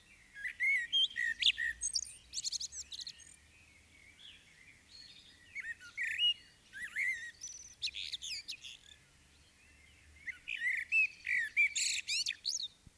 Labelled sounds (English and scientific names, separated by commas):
Common Blackbird (Turdus merula) song